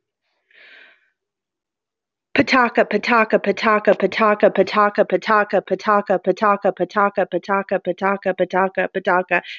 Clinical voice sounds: repeated syllables /pa ta ka/; female; 30 to 39 years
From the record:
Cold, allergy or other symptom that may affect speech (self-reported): no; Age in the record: 37 years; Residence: Illinois, United States

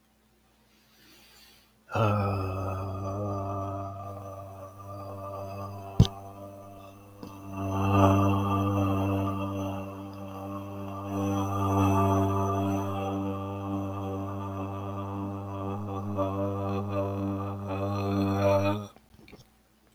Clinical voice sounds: vowel held as long as possible; male; 40 to 49 years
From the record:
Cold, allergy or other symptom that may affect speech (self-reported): no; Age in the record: 40 years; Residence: Minnesota, United States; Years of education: 12

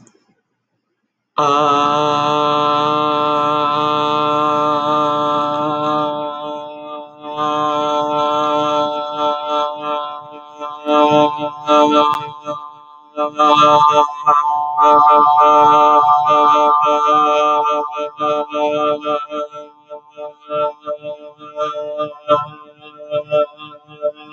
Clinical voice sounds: vowel held as long as possible; male; 20 to 29 years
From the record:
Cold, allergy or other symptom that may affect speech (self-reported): no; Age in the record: 29 years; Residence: Massachusetts, United States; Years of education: 16

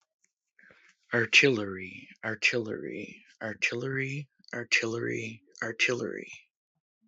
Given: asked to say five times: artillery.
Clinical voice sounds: repeated word; male; 40 to 49 years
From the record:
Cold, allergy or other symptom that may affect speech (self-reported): no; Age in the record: 40 years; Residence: Wisconsin, United States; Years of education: 13

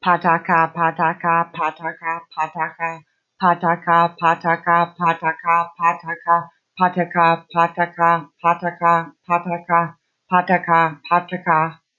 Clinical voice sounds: repeated syllables /pa ta ka/; female; 30 to 39 years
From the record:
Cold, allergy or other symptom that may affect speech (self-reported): yes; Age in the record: 36 years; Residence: United States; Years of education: 16

